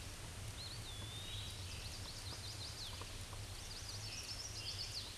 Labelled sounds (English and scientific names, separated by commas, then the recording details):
Hooded Warbler (Setophaga citrina) song
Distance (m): 15 m
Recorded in a Pennsylvania forest on 18 May 2023 at 09:33
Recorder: AudioMoth, point grid1_30_low
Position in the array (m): 180 m, 85 m